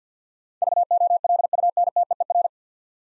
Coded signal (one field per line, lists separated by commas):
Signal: Morse code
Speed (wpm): 50 wpm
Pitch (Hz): 700 Hz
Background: none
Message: VOLUNTEER